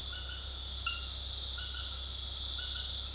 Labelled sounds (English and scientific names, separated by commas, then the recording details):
none
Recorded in dense forest near Puerto Asís, Putumayo, Colombia, on 18 February 2024 at 21:30
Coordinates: 0.485, -76.322
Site G6406